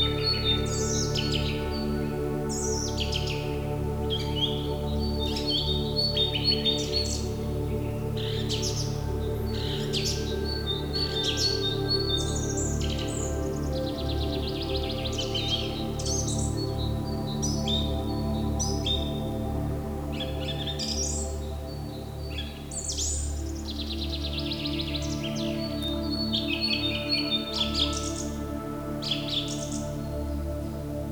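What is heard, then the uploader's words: Birds chirp and tweet almost without pause for the whole half minute, bright repeated calls tumbling over one another in quick clusters. Beneath them runs a steady low hum and rumble, a constant outdoor drone that never lets up. Exotic Chirps and Nature Sounds.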